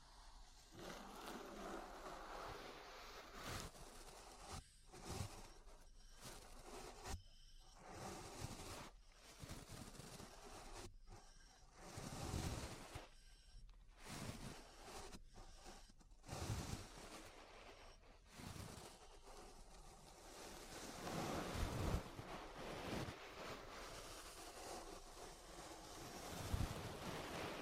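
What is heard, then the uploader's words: Ear brushing, a close scratchy rustle of bristles sweeping steadily and densely, with bright hissing texture. Strokes come in quick repeated bursts, separated by short near-silent gaps, with louder, heavier brushing in the second half and occasional low thumps. ASMR Relaxing 3Dio Ear Brushing (No Talking).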